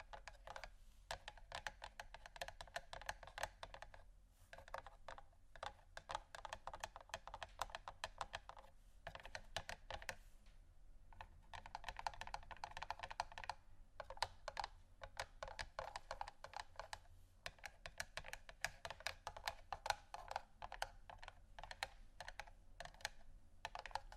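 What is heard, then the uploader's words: Gentle tapping in quick, irregular bursts, like fingertips on a keyboard, with sharp clicks clustering densely and then thinning into brief pauses around 4, 10 and 17 seconds. A steady low hum sits underneath throughout. ASMR Gentle Tapping Assortment (No Talking).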